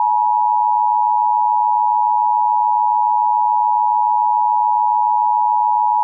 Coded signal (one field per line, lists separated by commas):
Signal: Emergency Alert System (SAME) tones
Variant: 853 and 960 Hz attention tone